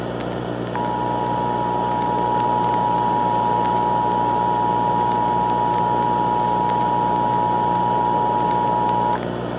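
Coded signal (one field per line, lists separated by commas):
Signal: Emergency Alert System (SAME) tones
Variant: 853 and 960 Hz attention tone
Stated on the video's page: Fictional EAS scenario about acid rain.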